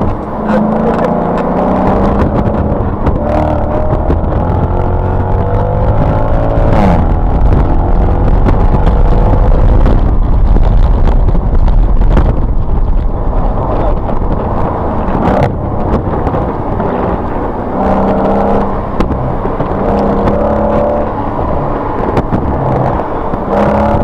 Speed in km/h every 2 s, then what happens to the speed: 50, 66, 87, 105, 122, 124, 98, 79, 53, 55, 61, 58.
0-9 speeds up to 124. 10-16 brakes to 53.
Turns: 13-17, 20-24.